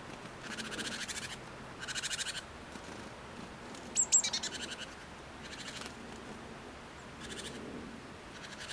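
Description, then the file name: Great tit harsh rattling calls, short buzzy bursts of rapid ticks given in several separate bouts, with a thin high chip and a steady background hiss. "Parus major"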